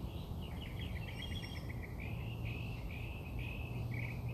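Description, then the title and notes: Bird song: a rapid series of high chirping notes followed by short warbled phrases, over steady low background noise. Birds singing outside the recordist's house. "Bird Songs Part Two. More bird songs outside my house"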